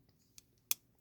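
The thin, serrated blade of a Gerber Center-Drive Plus multitool is opened fully into its blade lock. A faint metallic tick comes at 0.4 s, then a sharp click at 0.7 s as the metal lock engages and the blade locks open. The lock is stiff and may need breaking in.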